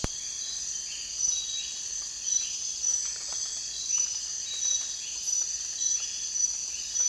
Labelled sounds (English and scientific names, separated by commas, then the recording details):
none
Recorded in dense forest near Puerto Asís, Putumayo, Colombia, on 19 June 2025 at 04:00
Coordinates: 0.466, -76.327
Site GP04